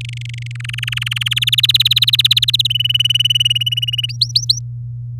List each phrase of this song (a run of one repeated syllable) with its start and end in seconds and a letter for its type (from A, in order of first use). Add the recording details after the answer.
0.01-0.52 A, 0.55-1.28 B, 1.31-2.67 C, 2.70-4.06 D, 4.09-4.59 E. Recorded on 8 May 2018 at 06:39. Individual llb16